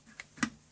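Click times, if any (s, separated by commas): none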